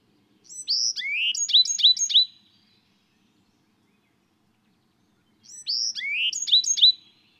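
Songbird singing a brief phrase of sweet whistled notes, an upslurred note followed by rapid repeated down-slurred notes, given twice about five seconds apart with silence between.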